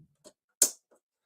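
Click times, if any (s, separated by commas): 0.6 s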